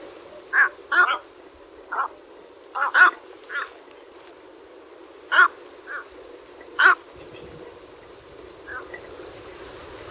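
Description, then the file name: Egret giving short, harsh squawking calls at irregular intervals over a steady background hiss. "Tieng co keu"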